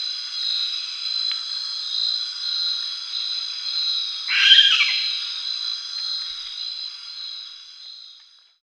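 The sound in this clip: Sulawesi masked owl giving a single coarse, hissing screech midway through, over continuous high-pitched buzzing.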